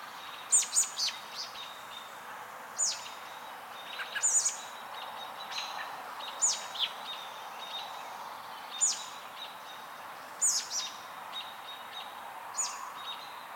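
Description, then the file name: American Robin giving sharp, high, thin call notes, single or in quick pairs, spaced irregularly every one to two seconds over a steady background hiss. "Turdus migratorius - American Robin"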